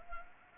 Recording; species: mosquito wingbeat signal from an infrared sensor; Anopheles gambiae